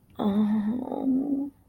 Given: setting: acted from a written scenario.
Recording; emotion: vocal sound without words; guilt